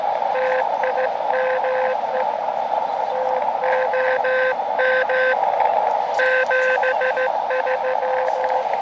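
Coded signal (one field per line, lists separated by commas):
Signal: Morse code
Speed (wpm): 14 wpm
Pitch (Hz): 510 Hz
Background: speech, radio noise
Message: TIME TOM 73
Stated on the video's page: QRP portable operation on an Elecraft KX2 with two random wire antennas.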